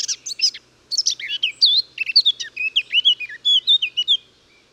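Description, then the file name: Eurasian blackcap delivering a song of chattering scratchy notes followed by a fluent stream of bright whistled phrases. "Sylvia atricapilla"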